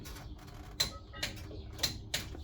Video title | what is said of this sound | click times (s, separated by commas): 2009 - 18 Ram 1500 front Strut replacement | All right. You hear the click? It means you torque down enough. | 2.2 s